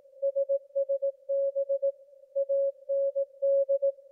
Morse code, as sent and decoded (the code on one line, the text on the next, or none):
... ... -... / .- -. -..
SSB AND